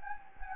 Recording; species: mosquito wingbeat signal from an infrared sensor; Anopheles gambiae